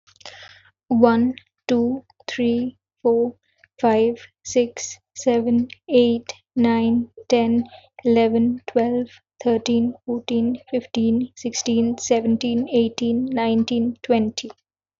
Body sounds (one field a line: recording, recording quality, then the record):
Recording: counting at a normal pace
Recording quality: excellent, no background noise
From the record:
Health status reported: healthy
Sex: female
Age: 31 years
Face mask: not worn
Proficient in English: yes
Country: India